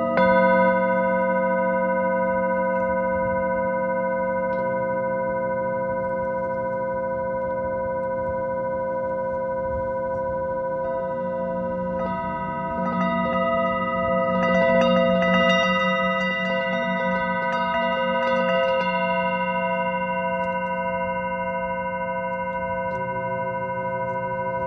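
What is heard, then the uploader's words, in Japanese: A singing bowl hums in steady, overlapping tones throughout, over a low rumble, with a flurry of bright chirping calls mid-clip. メキシコ-カンクンより サンライズサウンドヒーリングの中継ライブをしました。シンギングボウルと風と波、海鳥の声。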